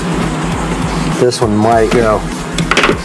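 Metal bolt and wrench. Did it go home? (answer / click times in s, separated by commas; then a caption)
no / 2.6 s, 2.7 s. Someone talks while trying to drive a bolt into a threaded hole in the back of an outdoor furniture frame, with a steady low hum underneath. Two sharp sounds follow at 2.6 s and 2.7 s, but the bolt fails to bite because the hole is way too stripped out.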